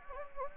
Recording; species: mosquito wingbeat signal from an infrared sensor; Anopheles gambiae